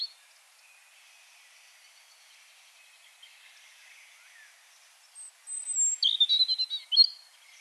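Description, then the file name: European robin song: a quiet stretch, then one short high phrase of thin whistles and fast jumbled twitters near the end. "Erithacus rubecula"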